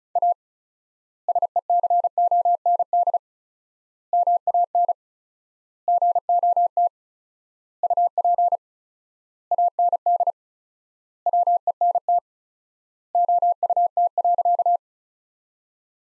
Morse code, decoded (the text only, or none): A SECOND MAN GOT UP AND WENT OUT.